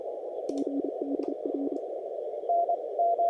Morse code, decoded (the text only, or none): GDR